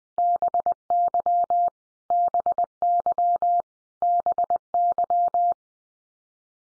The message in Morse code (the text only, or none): BY BY BY